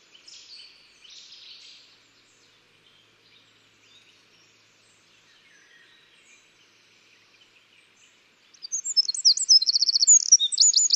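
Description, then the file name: Eurasian wren with faint high twittering at first, then a near-silent stretch, and finally a loud burst of rapid high notes and a fast trill. "Troglodytes troglodytes"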